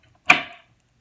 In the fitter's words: sits down and locks into place like that.